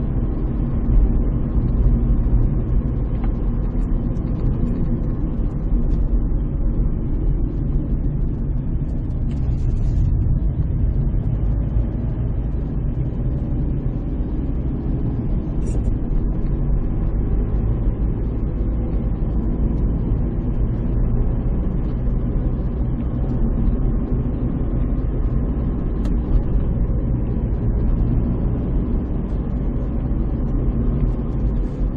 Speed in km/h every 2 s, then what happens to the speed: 48, 43, 40, 32, 24, 22, 30, 31, 41, 42, 38, 40, 41, 44, 45, 49.
0-9 slows to 22. 9-16 speeds up to 41. 16-21 steady at about 41. 21-32 speeds up to 49.